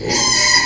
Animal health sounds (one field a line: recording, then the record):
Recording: squeal of a Yucatan mini pig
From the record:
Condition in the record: before surgery on the right vocal fold (resection and tissue-engineered implant)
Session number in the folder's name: 2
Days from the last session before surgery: 0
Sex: male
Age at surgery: 12 weeks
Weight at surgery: 13 kg